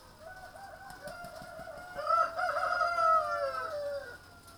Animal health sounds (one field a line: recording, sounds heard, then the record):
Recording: poultry house recording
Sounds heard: healthy chickens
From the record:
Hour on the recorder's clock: 0